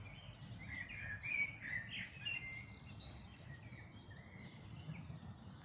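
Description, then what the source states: Several birds singing together in a chorus, overlapping high chirps and short whistled phrases, with a steady low rumble underneath. Dawn chorus recorded in May 2026.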